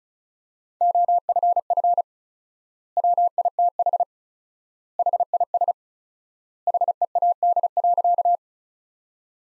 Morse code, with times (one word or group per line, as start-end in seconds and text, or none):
0.8-2.0 OFF
3.0-4.0 WITH
5.0-5.7 HIS
6.7-8.4 HEAD.